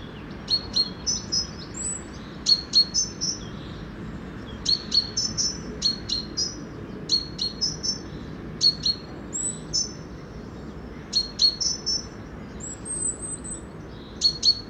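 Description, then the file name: Great tit calling: bright, high, clipped notes in rapid bursts of three or four, repeating almost continuously throughout, with a soft low hum underneath. "Parus major"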